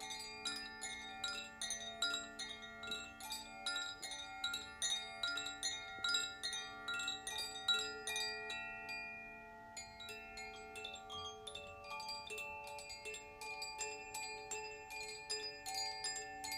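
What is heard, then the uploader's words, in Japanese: Wind chimes ring almost constantly, their clear tones overlapping in a dense, shimmering wash as rods are struck every fraction of a second. The strikes thin out briefly near the ten-second mark, leaving long tones hanging, then pick up again just as busily. 水のエレメントのコシチャイムとザフィアチャイムを演奏しました。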